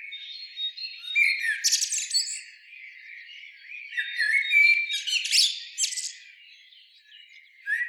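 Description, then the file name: Common blackbird calling in loose bursts of squawky chatter and sharp clicks, with a thin steady whistle-like tone running through parts. "Turdus merula"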